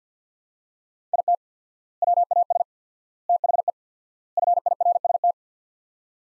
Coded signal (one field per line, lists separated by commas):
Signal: Morse code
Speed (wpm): 50 wpm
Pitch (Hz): 700 Hz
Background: none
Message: IT WAS THE FIRST